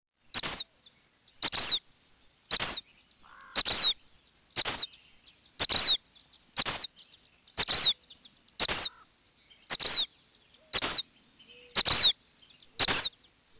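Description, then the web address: Black phoebe repeating a crisp, high, descending chip about once a second, thirteen notes in a steady, even series. "Peterson North American Birds"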